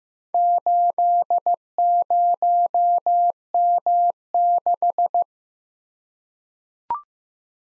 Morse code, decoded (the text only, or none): 80M6